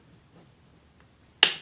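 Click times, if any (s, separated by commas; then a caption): 1.4 s. The DIN rail latch on the main PLC block is released, giving a single sharp plastic click at 1.4 s after a near-silent stretch with only a faint tick around 1.0 s. The click marks the latch as open, so the block can be lifted off the rail.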